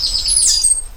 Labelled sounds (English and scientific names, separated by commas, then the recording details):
Stitchbird (Notiomystis cincta) song
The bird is a male
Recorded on Tiritiri Matangi Island, New Zealand, in 2005
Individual 12, of nest box 16